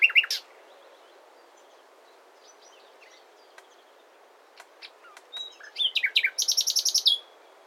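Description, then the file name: Common nightingale song: a brief loud note, a long quiet pause with faint clicks, then varied notes building into a fast, regularly repeated buzzy run. "Luscinia megarhynchos"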